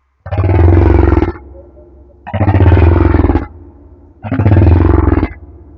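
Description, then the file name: Humpback whale song: three deep, pulsing moans, each about a second long, repeating roughly every two seconds. Madagascar. "Humpback Whale - Madagascar Whale One"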